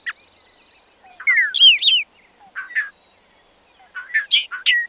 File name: bobolink. omkicau